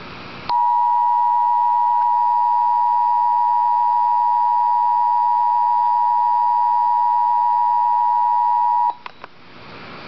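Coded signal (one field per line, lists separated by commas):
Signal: Emergency Alert System (SAME) tones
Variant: 853 and 960 Hz attention tone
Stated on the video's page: Real severe thunderstorm warning alert from the National Weather Service in Pleasant Hill, Missouri.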